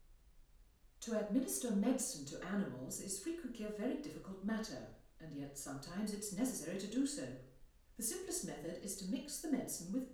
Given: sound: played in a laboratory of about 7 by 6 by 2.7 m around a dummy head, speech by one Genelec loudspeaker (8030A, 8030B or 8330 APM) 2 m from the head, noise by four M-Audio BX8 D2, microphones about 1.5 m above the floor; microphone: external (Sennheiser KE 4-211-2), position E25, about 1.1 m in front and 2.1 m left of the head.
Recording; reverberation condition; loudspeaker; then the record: female speech in English; medium; 30 degrees to the right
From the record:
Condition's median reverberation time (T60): about 510 ms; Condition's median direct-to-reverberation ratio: about -0.5 dB